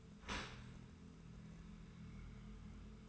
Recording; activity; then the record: daily activity, microphone in the room; open dishwasher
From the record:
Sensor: 2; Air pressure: 1014.8 hPa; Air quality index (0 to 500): 25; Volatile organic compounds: 0 ppm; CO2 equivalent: 500 ppm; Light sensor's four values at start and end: 10/23/9/10 and 10/23/9/10